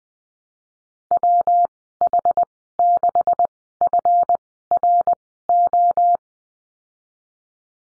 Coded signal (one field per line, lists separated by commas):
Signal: Morse code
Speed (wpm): 20 wpm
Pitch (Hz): 700 Hz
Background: none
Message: WH6FRO